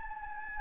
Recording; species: mosquito wingbeat signal from an infrared sensor; Anopheles gambiae